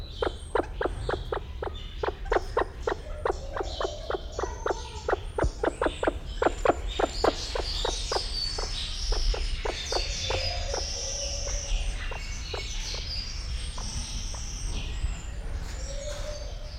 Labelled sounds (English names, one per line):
Great Argus call